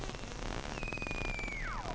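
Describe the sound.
Whale call: one high, steady whistle that holds level, then sweeps sharply downward near the end, over a rough, crackling, pulsing background.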